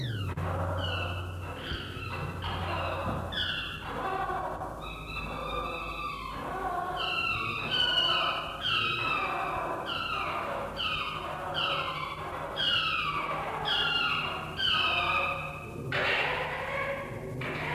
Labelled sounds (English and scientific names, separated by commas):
Red Fox (Vulpes vulpes)